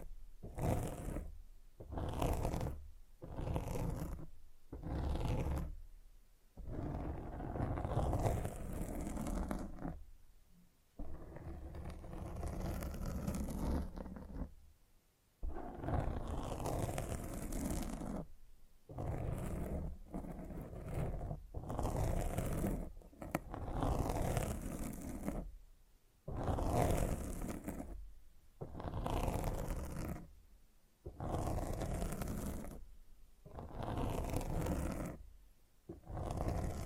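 Microphone scratching in rough, rasping bursts, each lasting a second or several, separated by short silent gaps. The strokes are dense and gritty with a strong low rumble and hissy tops, coming irregularly but steadily throughout, sometimes sounding like a growl.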